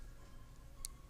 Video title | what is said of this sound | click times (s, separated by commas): Reborn Tank review by Unique Vapor Innovations | clicks right there when it's fully open | 0.8 s